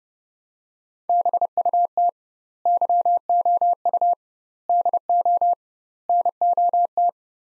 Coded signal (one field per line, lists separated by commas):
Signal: Morse code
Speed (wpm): 30 wpm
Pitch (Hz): 700 Hz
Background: none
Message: BUT YOU DO NOT